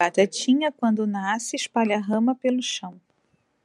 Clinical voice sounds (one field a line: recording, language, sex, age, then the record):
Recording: short text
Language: Brazilian Portuguese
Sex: female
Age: 40 to 49 years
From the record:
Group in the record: control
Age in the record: 43 years